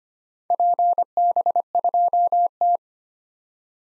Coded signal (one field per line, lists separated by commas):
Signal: Morse code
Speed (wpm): 25 wpm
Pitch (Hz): 700 Hz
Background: none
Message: PB2T